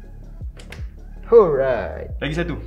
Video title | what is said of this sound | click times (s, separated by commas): DIY PC sebesar kotak kasut - Mid range PC build | Masukkan, berdiri sikit, tekan sampai dia bunyi klik eh. | 0.6 s, 0.7 s